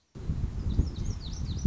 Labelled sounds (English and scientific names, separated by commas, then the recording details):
Lazuli Bunting (Passerina amoena)
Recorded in Sonoma County, California